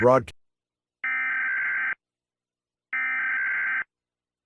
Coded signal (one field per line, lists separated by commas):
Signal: Emergency Alert System (SAME) tones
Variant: header bursts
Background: speech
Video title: EAS Scenario - "Earthquake: Get Out" | Emergency Alert System